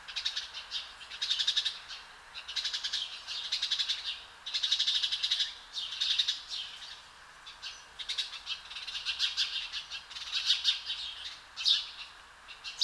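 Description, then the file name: House sparrow chirping in repeated bursts of harsh chirps, against steady background hiss. "Passer domesticus"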